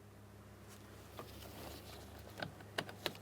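A wiring harness connector is lined up and handled at the window switch of a 2008-2016 Chrysler Town & Country during rear slide door lock actuator replacement. Soft handling noise and a few light plastic ticks are heard over a low steady hum. The clip ends before the connector goes home, and nothing has seated or clicked yet.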